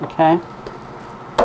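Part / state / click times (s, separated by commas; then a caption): wooden lid on a turned end-grain box / released / 1.4 s. Someone talks briefly, then the very tight, vacuum-fit turned wooden lid of an end-grain box is pulled off. It comes free with a sharp pop at 1.4 s, releasing the lid.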